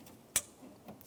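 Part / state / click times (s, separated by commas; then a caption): wiring harness connector into windshield wiper motor / seated / 0.4 s. The larger plastic electrical connector of the wiring harness is pushed onto a new windshield wiper motor on a 1994-2002 Dodge Ram 2500. A sharp, bright click at 0.4 s shows it seating, followed by a faint tick near 1.0 s against quiet background noise.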